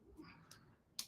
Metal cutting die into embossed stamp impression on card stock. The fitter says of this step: You just kind of h slide it around till it locks in place. And that's how you know it's in the right spot.